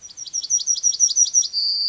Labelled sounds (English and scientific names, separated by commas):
Yellowhammer (Emberiza citrinella) song